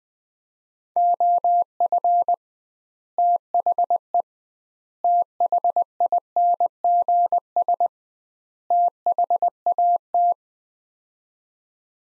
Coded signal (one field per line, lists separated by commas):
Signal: Morse code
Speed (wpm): 20 wpm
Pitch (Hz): 700 Hz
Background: none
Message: OF THE THINGS THAT